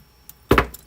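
A plastic ankle joint is pressed into a toy robot leg against a table on a second press. After a faint tick around 0.3 s, a sharp snap at 0.5 s and a quick follow-up knock mark the joint clicking in. A light tick follows near 0.7 s, and the ankle is seated.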